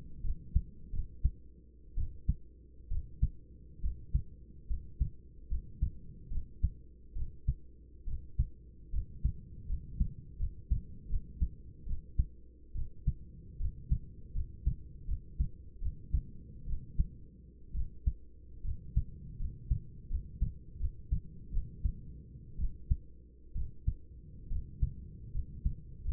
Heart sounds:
heart sounds by stethoscope; 72 bpm
0.23 s: heartbeat
0.93 s: heartbeat
1.96 s: heartbeat
2.90 s: heartbeat
3.83 s: heartbeat
4.69 s: heartbeat
5.50 s: heartbeat
6.30 s: heartbeat
7.15 s: heartbeat
8.07 s: heartbeat
8.93 s: heartbeat
9.69 s: heartbeat
10.39 s: heartbeat
11.09 s: heartbeat
11.86 s: heartbeat
12.75 s: heartbeat
13.60 s: heartbeat
14.35 s: heartbeat
15.08 s: heartbeat
15.81 s: heartbeat
16.67 s: heartbeat
17.74 s: heartbeat
18.64 s: heartbeat
19.39 s: heartbeat
20.10 s: heartbeat
20.80 s: heartbeat
21.52 s: heartbeat
22.58 s: heartbeat
23.55 s: heartbeat
24.50 s: heartbeat
25.34 s: heartbeat
26.04 s: heartbeat
From the record:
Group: healthy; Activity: rest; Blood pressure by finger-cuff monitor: 126/73 mmHg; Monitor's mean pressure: 92 mmHg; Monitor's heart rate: 70 bpm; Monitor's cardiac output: 8.1 L/min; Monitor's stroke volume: 110 mL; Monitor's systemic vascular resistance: 810 dyn s/cm5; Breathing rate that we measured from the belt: 11 breaths a minute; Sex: male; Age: 24 years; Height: 184 cm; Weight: 89 kg

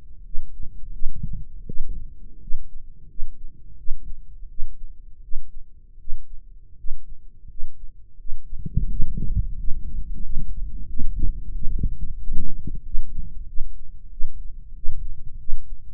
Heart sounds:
heart sounds by microphone in the right ear; 87 bpm
0.23 s: heartbeat
0.91 s: heartbeat
1.65 s: heartbeat
2.39 s: heartbeat
3.07 s: heartbeat
3.76 s: heartbeat
4.48 s: heartbeat
5.21 s: heartbeat
5.98 s: heartbeat
6.76 s: heartbeat
7.47 s: heartbeat
8.17 s: heartbeat
8.88 s: heartbeat
9.56 s: heartbeat
10.22 s: heartbeat
10.87 s: heartbeat
11.52 s: heartbeat
12.19 s: heartbeat
12.82 s: heartbeat
13.46 s: heartbeat
14.09 s: heartbeat
14.74 s: heartbeat
15.37 s: heartbeat
From the record:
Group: healthy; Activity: rest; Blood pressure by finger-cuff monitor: 138/91 mmHg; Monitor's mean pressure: 107 mmHg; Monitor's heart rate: 84 bpm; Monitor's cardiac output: 6.3 L/min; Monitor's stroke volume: 72 mL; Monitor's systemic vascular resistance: 1190 dyn s/cm5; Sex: male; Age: 21 years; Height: 180 cm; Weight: 67.5 kg

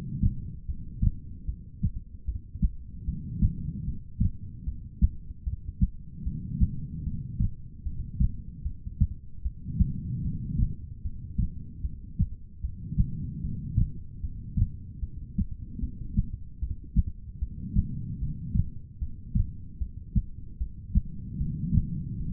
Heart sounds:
heart sounds by stethoscope; 75 bpm
0.66 s: heartbeat
1.45 s: heartbeat
2.25 s: heartbeat
3.05 s: heartbeat
3.85 s: heartbeat
4.64 s: heartbeat
5.44 s: heartbeat
6.23 s: heartbeat
7.03 s: heartbeat
7.83 s: heartbeat
8.63 s: heartbeat
9.42 s: heartbeat
10.22 s: heartbeat
11.02 s: heartbeat
11.81 s: heartbeat
12.61 s: heartbeat
13.41 s: heartbeat
14.21 s: heartbeat
15.00 s: heartbeat
15.80 s: heartbeat
16.59 s: heartbeat
17.39 s: heartbeat
18.19 s: heartbeat
18.99 s: heartbeat
19.78 s: heartbeat
20.58 s: heartbeat
21.38 s: heartbeat
22.18 s: heartbeat
From the record:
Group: heart failure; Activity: rest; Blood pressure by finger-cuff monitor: 103/75 mmHg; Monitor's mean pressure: 86 mmHg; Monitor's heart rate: 75 bpm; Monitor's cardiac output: 4.6 L/min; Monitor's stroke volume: 60 mL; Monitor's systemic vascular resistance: 1380 dyn s/cm5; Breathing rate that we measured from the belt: 17 breaths a minute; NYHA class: 2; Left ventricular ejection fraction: 58%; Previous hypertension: present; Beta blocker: bisoprolol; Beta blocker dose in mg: 5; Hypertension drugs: ramipril, spironolactone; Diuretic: furosemide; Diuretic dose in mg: 160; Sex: female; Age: 55 years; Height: 155 cm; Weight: 67 kg

